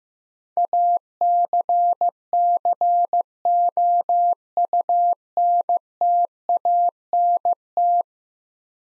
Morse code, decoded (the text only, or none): ACCOUNTANT